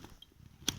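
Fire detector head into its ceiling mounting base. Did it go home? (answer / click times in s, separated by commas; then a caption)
yes / 0.7 s. A fire detector head is put back on its plastic ceiling mounting base and twisted until it seats with a sharp click at 0.7 s. A faint tick is heard at 0.2 s. The fault clears and the detector is back online.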